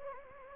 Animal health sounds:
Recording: mosquito wingbeat signal from an infrared sensor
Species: Anopheles gambiae

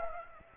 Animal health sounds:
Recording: mosquito wingbeat signal from an infrared sensor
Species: Aedes aegypti

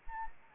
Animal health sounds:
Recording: mosquito wingbeat signal from an infrared sensor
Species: Anopheles arabiensis

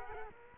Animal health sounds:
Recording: mosquito wingbeat signal from an infrared sensor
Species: Culex quinquefasciatus

